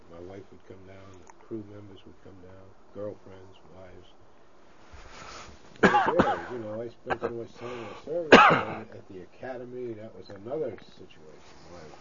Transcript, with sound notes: My wife would come down, crew members would come down, girl friends, wives. (coughs) (unintelligible) You know, I spent so much time in the service, you know, and you've got the academy. That was another situation.